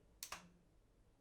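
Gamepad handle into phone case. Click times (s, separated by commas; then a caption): 0.2 s. A detachable joypad handle for a Xiaomi Black Shark phone is lined up with two small dimples on the plastic phone case and slotted in. A sharp click sounds at 0.2 s, followed by a softer knock at 0.3 s that fades into a brief low ring. The handle is seated on the case, solid and locked on.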